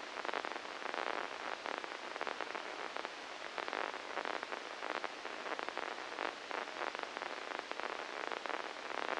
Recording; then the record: brain microelectrode recording played as sound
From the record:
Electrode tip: inside the subthalamic nucleus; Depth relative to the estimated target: -3 mm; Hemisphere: left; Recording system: NeuroSet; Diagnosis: Parkinson's disease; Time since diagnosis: 9 years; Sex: female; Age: 51 years